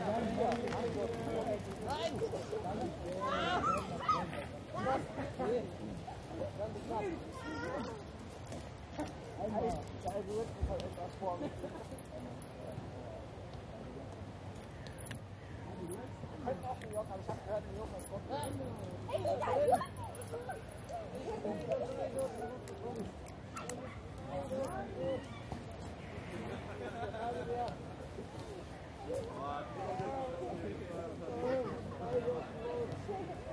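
People pass by in Munich's Englischer Garten, overlapping conversation fragments running steadily throughout, with a dog barking briefly and faint music underneath.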